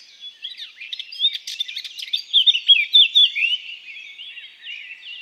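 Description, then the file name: Eurasian blackcap song, a hurried scratchy warble followed by a bright burst of mellow fluted notes, then fading into softer twittering. "Sylvia atricapilla"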